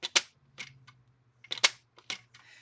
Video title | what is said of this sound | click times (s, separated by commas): UN-Boxing LIVE | So, but this doesn't come up as easily as it used to. You can hear it click. | 0.2 s, 1.7 s